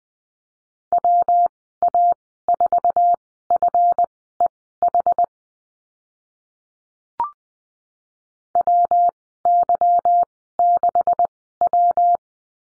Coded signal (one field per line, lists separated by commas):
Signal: Morse code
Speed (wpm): 20 wpm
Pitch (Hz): 700 Hz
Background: none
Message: WA4FEH WY6W